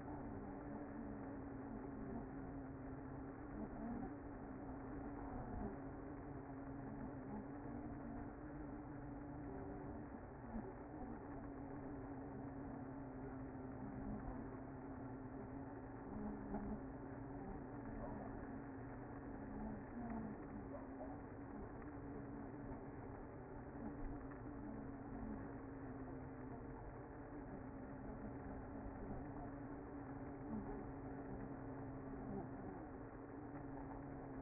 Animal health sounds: honeybee colony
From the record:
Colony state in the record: active

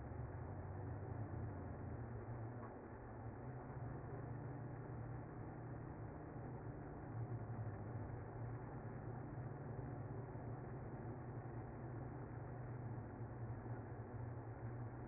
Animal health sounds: honeybee colony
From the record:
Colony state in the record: active

